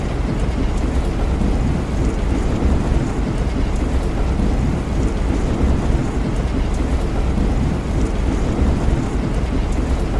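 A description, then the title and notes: Heavy rain blended with a steady wash of white noise, dense and unbroken for the whole stretch. The sound sits mostly low and full, with a deep rumbling floor and a softer hiss above, and the level stays even throughout. White Noise Rainy Day Sounds. The heavy sound of rain sounds mixed with white noise.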